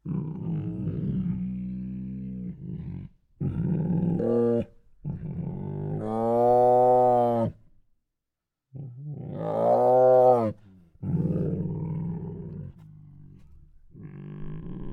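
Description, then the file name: Tiger giving deep harmonic moans, two louder swelling roar-like calls standing out, with shorter grunting growls between and a brief silence midway. Two hungry tigers making many snorts. "Two Tigers Make Many Hungry Snorts [Sound Ideas]"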